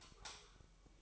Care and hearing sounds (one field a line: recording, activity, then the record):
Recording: daily activity, microphone in the room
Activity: light off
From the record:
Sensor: 1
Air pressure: 1001.9 hPa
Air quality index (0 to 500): 249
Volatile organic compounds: 54 ppm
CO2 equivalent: 3351 ppm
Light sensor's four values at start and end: 9/28/10/12 and 9/28/10/12